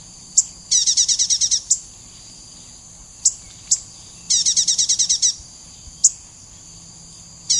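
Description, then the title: Dark-necked tailorbird song: two quick trilled bursts of high repeated notes, each about a second, with scattered sharp single chips between. Nominate subspecies atrogularis. "prenjk gnung. Dark-necked Tailorbird (Orthotomus atrogularis atrogularis)"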